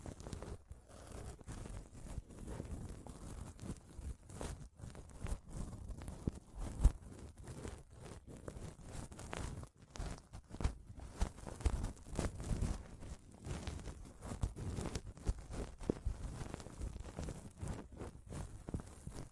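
Mic scratching and touching sounds run throughout, a dense run of rough, rustling scrapes with frequent short gaps between strokes. The texture is mostly low and muffled, with quick irregular bursts and a sharper tap near seven seconds.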